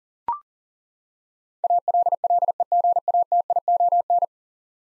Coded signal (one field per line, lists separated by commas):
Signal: Morse code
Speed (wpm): 40 wpm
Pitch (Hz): 700 Hz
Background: none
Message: ALLEGATION